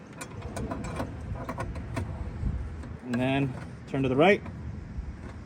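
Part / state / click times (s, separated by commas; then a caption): H7 headlight bulb into car headlight housing / not seated / none. An H7 LED low-beam headlight bulb is inserted and lined up in the headlight housing of a 2011 Mercedes-Benz E-350, ready to be turned to lock. Short handling contact taps land at about 0.2, 0.6, 1.5, 1.8 and 2.0 seconds, and someone talks near the end. The bulb has not been turned, and nothing has seated or clicked yet.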